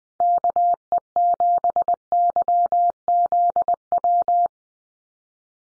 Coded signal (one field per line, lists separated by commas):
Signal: Morse code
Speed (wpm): 20 wpm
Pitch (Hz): 700 Hz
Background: none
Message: KE7YZW